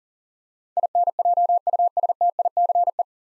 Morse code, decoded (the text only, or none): INJUSTICE